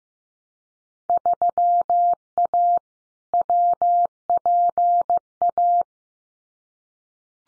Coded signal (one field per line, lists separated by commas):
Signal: Morse code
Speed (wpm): 15 wpm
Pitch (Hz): 700 Hz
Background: none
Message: 3A WPA